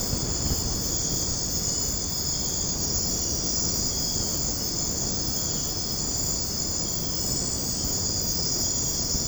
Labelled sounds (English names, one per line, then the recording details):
none
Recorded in secondary vegetation near Puerto Asís, Putumayo, Colombia, on 13 March 2025 at 00:00
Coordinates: 0.481, -76.318
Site G097